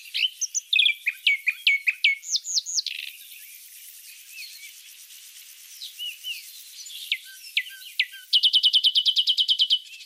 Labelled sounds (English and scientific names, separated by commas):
Common Nightingale (Luscinia megarhynchos) song